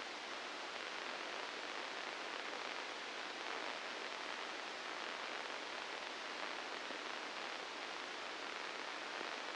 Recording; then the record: brain microelectrode recording played as sound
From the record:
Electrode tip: inside the subthalamic nucleus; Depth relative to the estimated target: 0 mm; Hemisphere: right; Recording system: NeuroSet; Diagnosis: Parkinson's disease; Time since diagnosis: 9 years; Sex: female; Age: 51 years